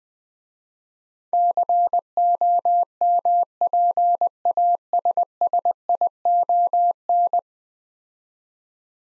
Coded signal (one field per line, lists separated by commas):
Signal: Morse code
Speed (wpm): 20 wpm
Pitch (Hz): 700 Hz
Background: none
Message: COMPASSION